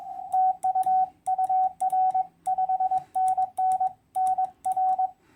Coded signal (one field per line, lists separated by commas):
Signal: Morse code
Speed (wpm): 26 wpm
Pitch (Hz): 750 Hz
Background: radio noise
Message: TU UR 5NN NR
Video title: EFHW Real World SHTF Antennas - Test Results - DX Contacts in the 2020 CQ WW WPX CW Contest